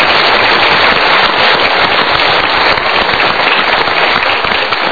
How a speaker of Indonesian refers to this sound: Kita berikan tepuk tangan dulu ke KPK ya.